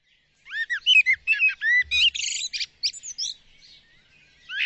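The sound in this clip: Bird calling in a quick series of clear, arching whistled and chirped notes, some rising and some falling, then fading into softer notes before a final loud burst.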